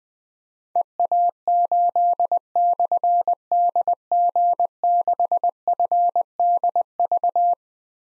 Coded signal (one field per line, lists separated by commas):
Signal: Morse code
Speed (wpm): 20 wpm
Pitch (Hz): 700 Hz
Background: none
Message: EA8/DG6FDV